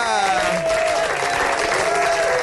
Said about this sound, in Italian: Senti gli applausi